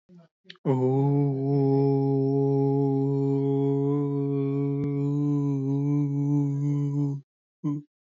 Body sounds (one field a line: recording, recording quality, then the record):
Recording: sustained vowel as in boot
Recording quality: excellent, no background noise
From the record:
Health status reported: healthy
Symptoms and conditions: breathing difficulty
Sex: male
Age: 25 years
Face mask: not worn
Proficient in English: yes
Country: India